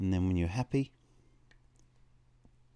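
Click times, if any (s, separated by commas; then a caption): none. Someone talks briefly while a grille rod is aligned by hand over its mounting in the top hull deck grille frame at the mid-section of a 1/6 scale Armortek M26 Pershing RC tank. After the talking, only faint handling ticks are heard around 1.5 and 1.8 seconds over a low steady hum. The rod has not snapped into place yet; nothing has seated or clicked.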